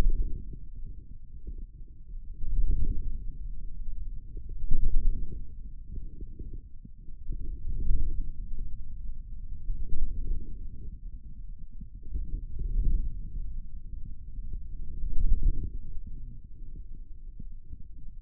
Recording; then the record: forearm muscle sounds (acoustic myography)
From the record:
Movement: wrist flexion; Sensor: system 2, bracelet of six BSWA MPA416 microphones around the upper forearm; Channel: 6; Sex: male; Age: 22 years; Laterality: right